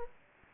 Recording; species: mosquito wingbeat signal from an infrared sensor; Anopheles gambiae